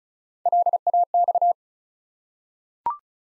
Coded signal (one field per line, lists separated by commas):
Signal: Morse code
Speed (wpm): 36 wpm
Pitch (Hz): 700 Hz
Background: none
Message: LAX